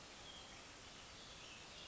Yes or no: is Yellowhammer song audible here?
no